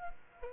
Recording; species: mosquito wingbeat signal from an infrared sensor; Culex quinquefasciatus